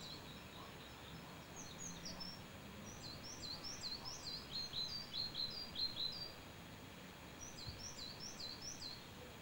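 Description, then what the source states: Bird song of high, thin, rapid notes in dense bursts, busiest in the middle, with faint softer notes and low background rumble throughout. Recorded at Saltwells Nature Reserve.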